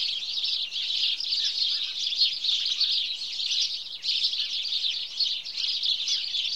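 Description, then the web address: House sparrows chirping in a dense chorus of overlapping high chirps. "BBC Sound Effects Library Birds House Sparrow (Passer Domesticus)"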